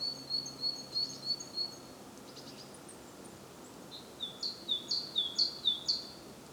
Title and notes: Głodówka, Kraj żyliński, Słowacja - Great voice of a great tit. Recordist: Maciej Wirmański